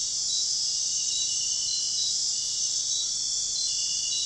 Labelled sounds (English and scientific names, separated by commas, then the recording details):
none
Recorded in dense forest near Puerto Asís, Putumayo, Colombia, on 4 March 2025 at 00:30
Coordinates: 0.499, -76.324
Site GP03